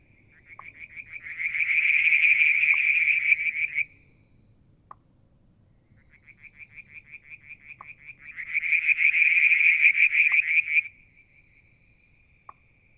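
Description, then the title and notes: Frog calls in two matching bouts, each starting as a thin pulsed trill and swelling into a loud rattling burst before stopping, with short isolated pops between. Striped marsh frog, Verreaux's tree frog and an unidentified frog; one evening near a water tank, Mount Wilson, New South Wales, Australia, July 2022. "Frog song, Mount Wilson, New South Wales, Australia in July 2022 – by Alexander Moffatt. Limnodynastes Peronii, Litoria Verreauxii and a mystery frog one evening near the water tank"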